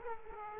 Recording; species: mosquito wingbeat signal from an infrared sensor; Aedes aegypti